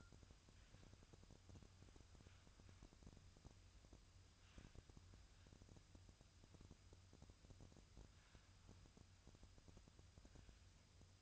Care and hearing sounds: daily activity, microphone in the room; wipe stove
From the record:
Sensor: 2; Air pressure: 1004.7 hPa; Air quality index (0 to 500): 74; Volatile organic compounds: 1 ppm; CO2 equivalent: 882 ppm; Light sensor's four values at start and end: 7/16/6/7 and 7/16/6/7

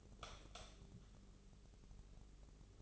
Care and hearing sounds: daily activity, microphone in the room; light off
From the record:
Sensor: 4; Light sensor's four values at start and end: 18/45/17/18 and 15/33/13/13

